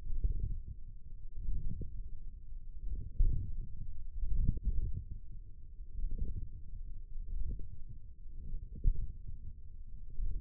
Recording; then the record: forearm muscle sounds (acoustic myography)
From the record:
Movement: wrist extension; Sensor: system 1, eight BSWA MPA416 microphones around the upper forearm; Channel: 7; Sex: male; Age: 28 years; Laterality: right